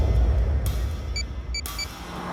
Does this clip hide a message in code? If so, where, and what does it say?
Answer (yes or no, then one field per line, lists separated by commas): no